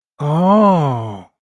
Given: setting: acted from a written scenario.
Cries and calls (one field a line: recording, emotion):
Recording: vocal sound without words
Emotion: realization